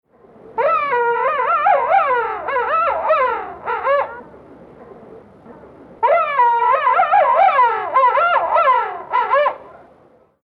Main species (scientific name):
Aptenodytes patagonicus